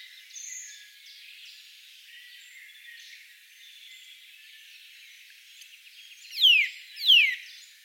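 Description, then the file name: Eurasian nuthatch giving two loud, descending whistled notes near the end, after several seconds of soft, scattered background sounds. "Sitta europaea"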